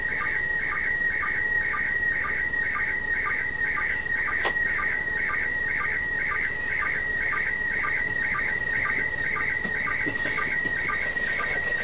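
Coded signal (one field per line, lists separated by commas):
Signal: SSTV (slow-scan television)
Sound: steady warbling tone with regular short chirps about twice a second, over hiss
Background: radio static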